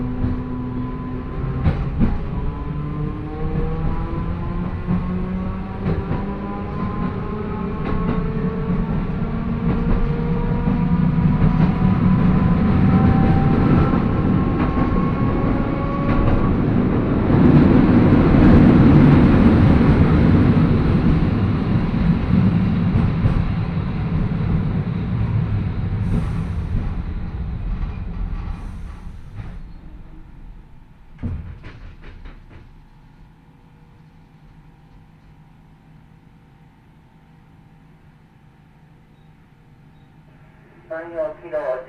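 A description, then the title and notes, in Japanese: A train with nose-suspended motors groans as it runs, rising tones climbing then louder rumbling near twenty seconds, fading to a quiet hum with clanks. 万葉線 高岡駅→越ノ潟。電車は吊りかけモーターなので中々の唸りをあげています。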